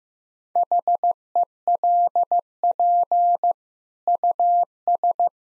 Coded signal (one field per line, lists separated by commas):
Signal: Morse code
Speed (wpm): 15 wpm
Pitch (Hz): 700 Hz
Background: none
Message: HELP US